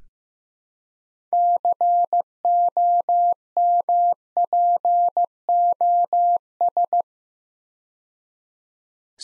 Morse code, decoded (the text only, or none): COMPOS